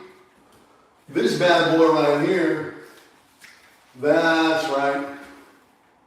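An unidentified part is being pressed by hand into its mount while a man talks in two stretches. A faint, brief tick sounds between them at about 3.4 s. The clip ends before the part goes home, so nothing has seated or snapped into place yet.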